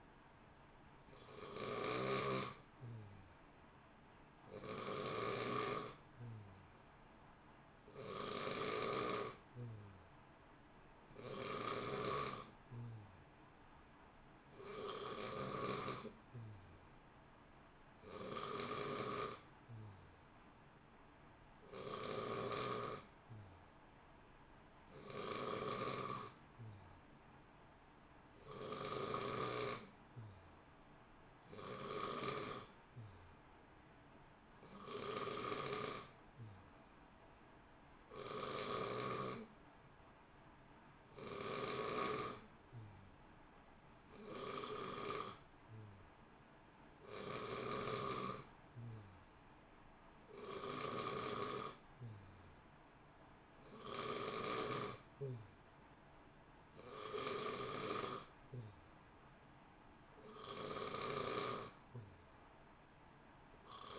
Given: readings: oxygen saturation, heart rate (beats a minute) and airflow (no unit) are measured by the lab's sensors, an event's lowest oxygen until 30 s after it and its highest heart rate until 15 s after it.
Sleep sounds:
breathing in sleep by a voice recorder at the bedside; none
none scored
From the record:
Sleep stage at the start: N3 (deep sleep); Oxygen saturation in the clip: 90 to 91%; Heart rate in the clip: 59 to 64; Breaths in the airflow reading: 28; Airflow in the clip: -0.8 to 0.8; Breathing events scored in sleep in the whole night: 328 in 6.3 hours asleep

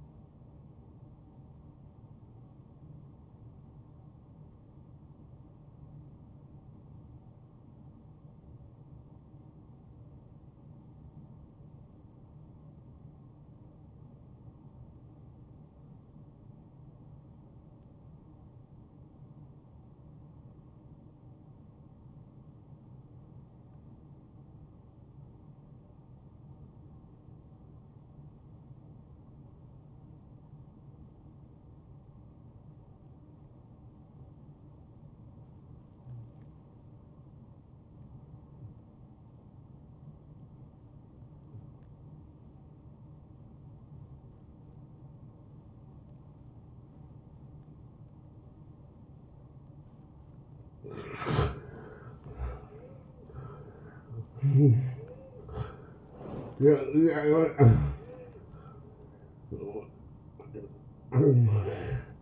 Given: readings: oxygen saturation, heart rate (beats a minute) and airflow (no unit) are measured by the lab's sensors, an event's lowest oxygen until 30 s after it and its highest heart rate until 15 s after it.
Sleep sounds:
breathing in sleep by a smartphone at the bedside; 1
5.00-51.10 s: obstructive apnea (N1, oxygen 95% highest, then 81% lowest)
18.00-48.00 s: new sleep stage, N2 (light sleep)
48.00-62.22 s: new sleep stage, N1 (lightest sleep)
From the record:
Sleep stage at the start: N1 (lightest sleep); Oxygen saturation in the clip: 83 to 95%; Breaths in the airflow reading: 6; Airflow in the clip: -12.2 to 10.6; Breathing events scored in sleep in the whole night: 263 in 5.5 hours asleep

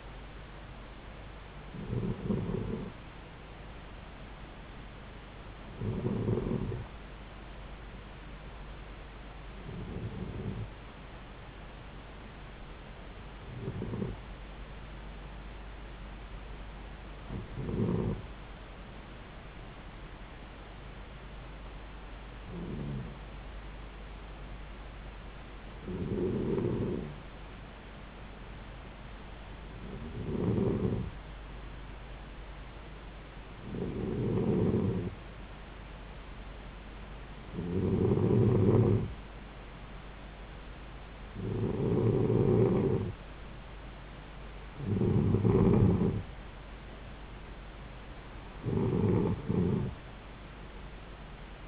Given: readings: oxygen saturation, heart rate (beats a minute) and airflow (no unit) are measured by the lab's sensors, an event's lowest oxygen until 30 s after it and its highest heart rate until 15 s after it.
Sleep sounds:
breathing in sleep by a voice recorder at the bedside; 1
14.00-42.30 s: hypopnea (N2, oxygen 95% highest, then 92% lowest)
From the record:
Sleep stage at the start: N2 (light sleep); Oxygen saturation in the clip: 90 to 95%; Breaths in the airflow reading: 13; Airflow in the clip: -4.8 to 4.0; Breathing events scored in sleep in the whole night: 270 in 6.1 hours asleep

